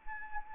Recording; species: mosquito wingbeat signal from an infrared sensor; Anopheles arabiensis